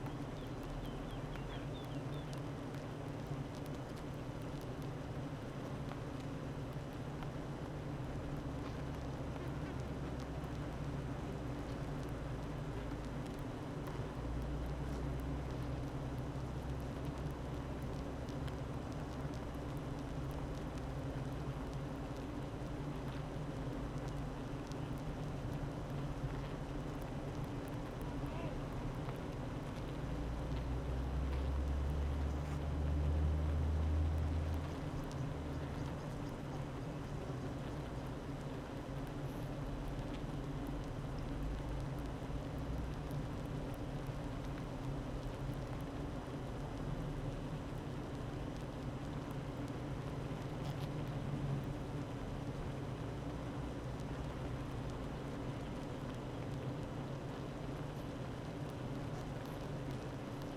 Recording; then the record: honeybee colony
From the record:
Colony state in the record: active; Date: 12 June 2018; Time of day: 8:57